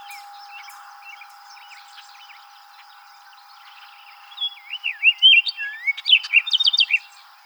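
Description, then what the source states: Orchard oriole singing after a quiet start: a quick jumble of rising and falling whistles mixed with short buzzy chatter over about three seconds. Recorded on 7 July 2007.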